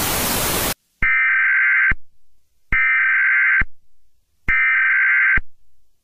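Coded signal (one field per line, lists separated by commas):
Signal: Emergency Alert System (SAME) tones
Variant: header bursts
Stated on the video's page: Fictional EAS scenario containing valid EAS tones.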